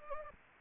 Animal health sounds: mosquito wingbeat signal from an infrared sensor; Anopheles gambiae

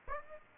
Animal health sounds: mosquito wingbeat signal from an infrared sensor; Aedes aegypti

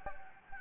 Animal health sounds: mosquito wingbeat signal from an infrared sensor; Anopheles gambiae

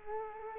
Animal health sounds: mosquito wingbeat signal from an infrared sensor; Culex quinquefasciatus

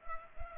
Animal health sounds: mosquito wingbeat signal from an infrared sensor; Culex pipiens

